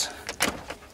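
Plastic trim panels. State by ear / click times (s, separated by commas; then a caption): not seated / none. A plastic steering column shroud on a 1987-1991 Ford Bronco (F150, F250, F350 family) is handled and pressed toward its mating shroud half over a couple of small clips. Soft plastic handling noises are heard, with a brief louder bump around 0.4 s. Nothing has seated or clicked into place yet.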